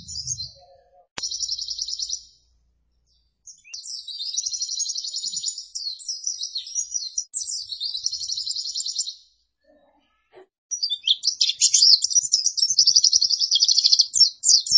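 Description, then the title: White-eye song: bursts of dense, high rapid trills separated by silent gaps, ending in an energetic chattering run. Training recording for cage birds, described as gacor, meaning vigorous, frequent singing. "Pleci Gacor 02. Masteran Burung PLECI Paling DICARI Untuk Cetak PRESTASI"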